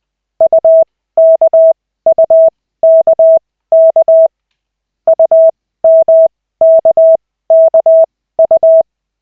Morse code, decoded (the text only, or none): UKUKK UMKKU